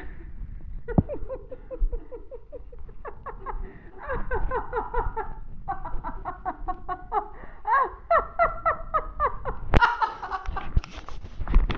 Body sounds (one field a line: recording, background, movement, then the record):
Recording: laughter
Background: a bystander coughing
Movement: walking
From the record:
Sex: female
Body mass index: 21.8 kg/m2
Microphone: on the chest, facing the body